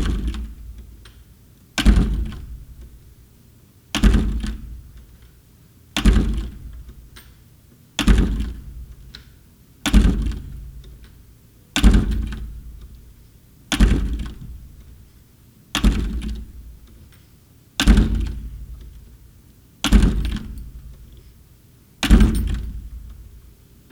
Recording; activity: daily activity, guitar pickup as the sensor; manipulate door